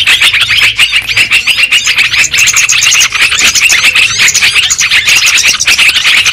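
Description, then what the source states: Lovebird chattering: rapid squeaky chirps in a dense, unbroken stream. Bird-trapping lure recording of lovebirds, in Indonesian 'pikat burung'.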